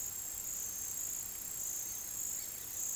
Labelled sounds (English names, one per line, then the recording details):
none
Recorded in pastures near Puerto Asís, Putumayo, Colombia, on 23 June 2025 at 17:00
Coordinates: 0.486, -76.323
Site H29